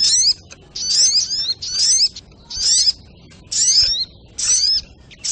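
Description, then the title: Little spiderhunter singing loud, high-pitched twittering phrases with whistled sweeps, each burst under a second, separated by brief quiet pauses. Sogok ontong bird song, a training recording (masteran) used for teaching cage birds. "Masteran Burung Sogok Ontong Labaik"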